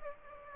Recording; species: mosquito wingbeat signal from an infrared sensor; Aedes aegypti